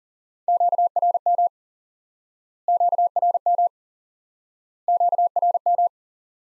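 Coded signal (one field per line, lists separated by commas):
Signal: Morse code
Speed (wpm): 40 wpm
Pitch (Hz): 700 Hz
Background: none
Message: QRM QRM QRM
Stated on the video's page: Morse drill of common QSO elements for instant word recognition, single element repeated.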